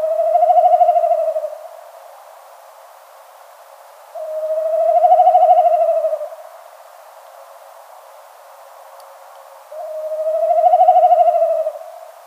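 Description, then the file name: Snipe drumming: three throbbing, pulsed humming bouts, each about two seconds long, swelling and fading, roughly every five seconds. "bekasowy"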